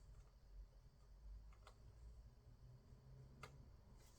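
A component inside a PC, possibly a drive or card, is pushed into its motherboard slot or mount over the mounting hole after first not being lined up exactly over the hole. A faint click at 1.7 s rises above a low steady hum, then a sharper click at 3.4 s marks the component seating into place.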